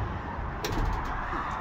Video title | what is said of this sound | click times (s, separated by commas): 2023 Ford Transit Awd MR! | does lock into place | 0.7 s